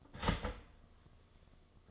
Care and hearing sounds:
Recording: daily activity, microphone in the room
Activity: start toaster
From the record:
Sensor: 4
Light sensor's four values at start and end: 4/9/3/3 and 4/9/3/3

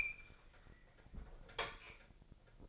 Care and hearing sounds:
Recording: daily activity, microphone in the room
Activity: open fridge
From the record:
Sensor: 5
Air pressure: 995.3 hPa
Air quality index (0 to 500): 97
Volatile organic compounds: 6 ppm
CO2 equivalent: 1855 ppm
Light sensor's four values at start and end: 35/84/34/35 and 37/89/36/37

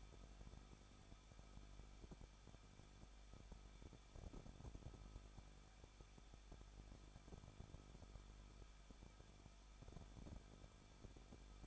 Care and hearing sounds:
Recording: daily activity, microphone in the room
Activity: no activity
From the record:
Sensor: 5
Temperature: 20.8 degrees Celsius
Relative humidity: 38.3%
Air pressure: 1006.6 hPa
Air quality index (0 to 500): 186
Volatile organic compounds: 18 ppm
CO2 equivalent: 2603 ppm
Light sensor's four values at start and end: 2/3/1/1 and 2/3/1/1

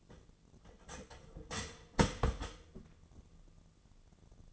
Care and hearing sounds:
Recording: daily activity, microphone in the room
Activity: start toaster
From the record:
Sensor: 4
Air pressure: 1001.1 hPa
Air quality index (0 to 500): 158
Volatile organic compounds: 2 ppm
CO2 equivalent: 1156 ppm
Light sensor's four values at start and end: 18/41/17/19 and 18/41/18/19

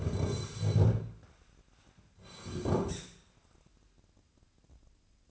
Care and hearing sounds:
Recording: daily activity, microphone in the room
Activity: sit down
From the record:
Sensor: 2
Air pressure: 1009.1 hPa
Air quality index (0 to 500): 168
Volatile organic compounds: 2 ppm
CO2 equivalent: 1233 ppm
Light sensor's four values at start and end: 41/111/46/51 and 39/106/44/49

